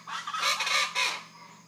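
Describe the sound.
Rufous-vented chachalaca calls, a short burst of harsh, raspy notes over about a second.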